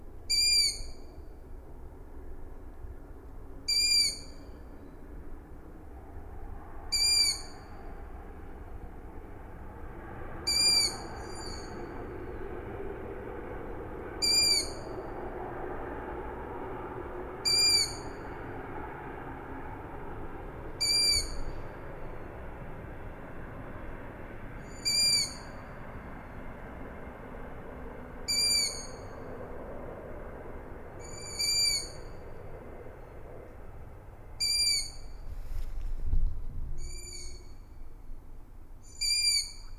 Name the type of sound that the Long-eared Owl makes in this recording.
call